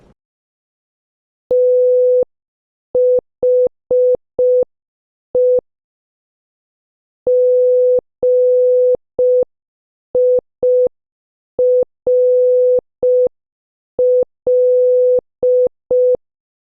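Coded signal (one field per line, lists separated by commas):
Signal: Morse code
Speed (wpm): 5 wpm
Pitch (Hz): 500 Hz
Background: none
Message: THE GIRL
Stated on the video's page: Morse practice at 5 wpm, sending movie names as a guess-the-movie sentence drill.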